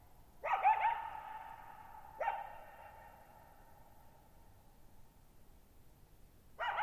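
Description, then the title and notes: Coyote giving a quavering yipping howl, a shorter yelp, then a fresh burst near the end, each followed by a long ringing echo. Lone coyote at night, July 14, 2019, Thirtymile Meadows, Okanogan National Forest, Okanogan High Country, 6400 ft; high dry plateau, shallow bowl-shaped meadow, boggy ground, very quiet, reverberant. "Lone Coyote at Thirtymile Meadows. I spent the night of July 14, 2019, camped near Thirtymile Meadows in the Okanogan National Forest at 6400 ft (1950 m)"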